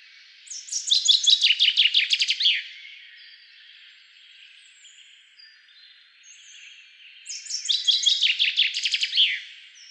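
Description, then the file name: Common chaffinch song: two bright phrases about seven seconds apart, each a quick run of repeated descending notes ending in a short flourish; background otherwise quiet. "Fringilla coelebs"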